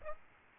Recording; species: mosquito wingbeat signal from an infrared sensor; Aedes aegypti